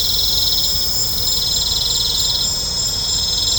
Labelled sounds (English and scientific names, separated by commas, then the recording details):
none
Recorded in pastures near Puerto Asís, Putumayo, Colombia, on 20 December 2024 at 20:00
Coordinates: 0.502, -76.324
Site G077